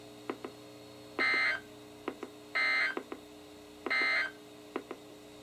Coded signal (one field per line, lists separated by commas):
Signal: Emergency Alert System (SAME) tones